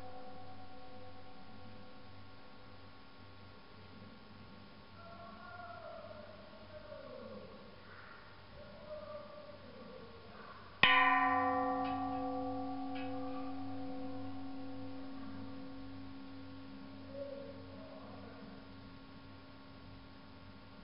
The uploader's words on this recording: China - large temple bell. Sounds of a large temple bell being struck in a Buddhist temple on Mt. Emeishan, near Leshan, China.